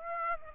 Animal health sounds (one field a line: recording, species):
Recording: mosquito wingbeat signal from an infrared sensor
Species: Aedes aegypti